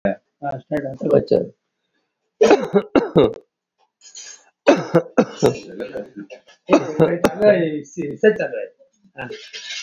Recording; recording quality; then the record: shallow voluntary cough; moderate, slight background noise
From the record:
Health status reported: COVID-19 positive, no symptoms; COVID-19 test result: positive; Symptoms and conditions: none ticked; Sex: male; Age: 57 years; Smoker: not ticked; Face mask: worn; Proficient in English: yes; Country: India